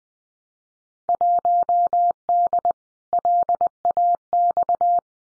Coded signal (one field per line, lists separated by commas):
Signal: Morse code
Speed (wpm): 20 wpm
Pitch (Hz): 700 Hz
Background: none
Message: 1D LAX